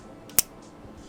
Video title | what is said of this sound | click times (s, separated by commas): 😤☹️ HOGUE COULD HAVE DONE A MUCH BETTER JOB ON THIS KNIFE…..🥺😭 | lightning just beautiful snap check it out hear that | 0.4 s